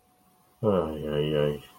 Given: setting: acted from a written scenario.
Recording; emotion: vocal sound without words; shame